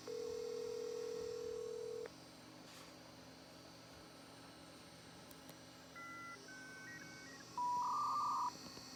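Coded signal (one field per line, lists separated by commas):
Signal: dial-up modem handshake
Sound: two seconds of steady dial tone, silence, quick dialing tone pairs, then warbling modem tones near 1 kHz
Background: faint room noise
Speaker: anyway we will go ahead and hit connect and in a moment you'll hear those wonderfully classic 90s dial-up sounds i don't know if you'll be able to hear that because it's so quiet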